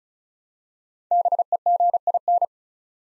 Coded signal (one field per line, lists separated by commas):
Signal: Morse code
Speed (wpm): 36 wpm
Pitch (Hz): 700 Hz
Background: none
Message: BEGIN